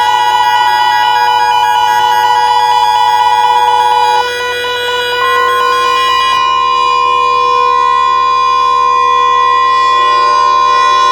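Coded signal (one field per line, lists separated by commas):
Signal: Emergency Alert System (SAME) tones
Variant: 853 and 960 Hz attention tone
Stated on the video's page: Mock EAS alert, a fictional recreation.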